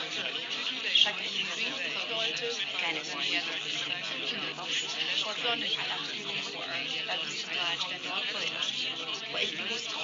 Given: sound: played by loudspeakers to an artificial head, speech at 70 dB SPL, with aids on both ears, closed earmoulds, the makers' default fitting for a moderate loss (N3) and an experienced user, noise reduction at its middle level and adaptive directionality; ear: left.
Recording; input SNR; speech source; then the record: speech test signal (ISTS) in cocktail-party noise; -3 dB; in front (0 degrees)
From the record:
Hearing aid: class 1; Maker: G